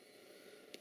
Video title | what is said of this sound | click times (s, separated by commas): Jet Performance - Xcelerator Throttle Tuner (Toyota Late Model) | then you're going to put the controller right next to it, simply plug it in, make sure it clicks down. | 0.7 s